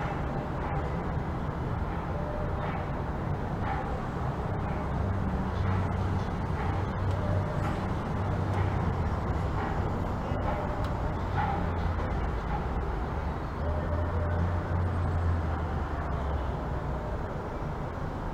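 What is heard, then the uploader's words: A steady, dense rumble of city street traffic, with low engine drones swelling now and then and occasional brief clicks throughout. The diverse and dynamic sounds of the urban landscape.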